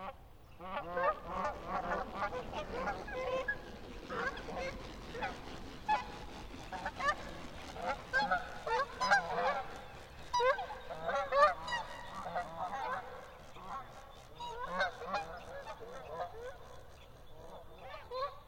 Canada geese fly overhead on Yellowstone Lake.